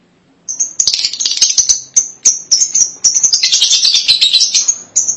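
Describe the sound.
Lovebird chatter: a continuous mix of shrill squeaky chirps and harsh rasping notes throughout.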